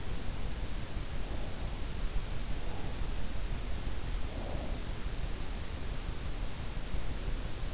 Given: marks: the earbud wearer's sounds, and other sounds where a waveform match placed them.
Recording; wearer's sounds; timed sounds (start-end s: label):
sounds in sleep by an in-ear microphone; breath
4.29-4.87 s: breath